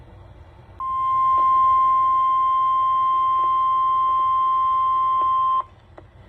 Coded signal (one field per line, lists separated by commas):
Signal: Emergency Alert System (SAME) tones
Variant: 1050 Hz attention tone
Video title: Hits and Misses || EAS Alerts from 7/29/23 || EAS 850-873